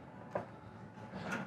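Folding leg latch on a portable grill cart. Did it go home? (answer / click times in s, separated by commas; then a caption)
no / none. The folding stand latch on a Weber Traveler portable grill cart is pushed into position, with one brief knock at about 0.4 s over low background noise and a softer shuffle near 1.3 s. The latch has not clicked in.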